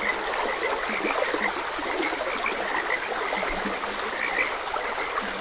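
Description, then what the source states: Frog chorus with low throaty croaks repeating irregularly and higher short chirps, set against constant running stream water. Frogs croaking beside a gentle stream; nature ambience.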